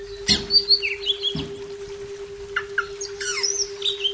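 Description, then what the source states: Leafbird song: varied bright whistled phrases and chirps in short bursts, with a steady low hum and two knocks. Labelled Cucak Ijo 'Daun Kecil'.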